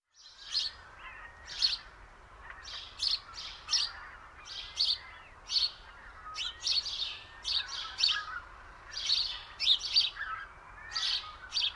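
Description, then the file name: House sparrow chirps, short bright notes repeated in irregular bursts. "Passer domesticus"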